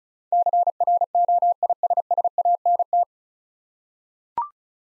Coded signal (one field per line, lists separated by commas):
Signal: Morse code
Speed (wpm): 36 wpm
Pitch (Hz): 700 Hz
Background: none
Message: CROISSANT